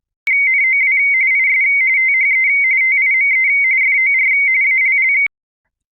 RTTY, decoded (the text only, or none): NOW IS THE TIME FOR ALL